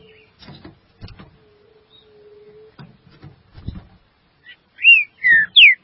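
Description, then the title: Green-winged saltator song: three loud whistled notes near the end, sliding in pitch, after a stretch of soft clicks and a faint steady tone. "Trinca Ferro"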